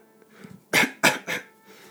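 Three short, harsh cough bursts in quick succession, about a quarter second apart, in a quiet small room. It is a deliberate, voluntary cough by an adult, demonstrating the real sound that Japanese writes as 'gohogoho', the onomatopoeia for a cough.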